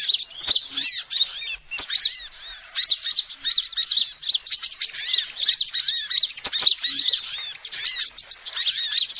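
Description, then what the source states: Dense, shrill lovebird twittering runs almost nonstop, squeaky notes tumbling over one another, with occasional clicks. Recording used as a lure to trap birds.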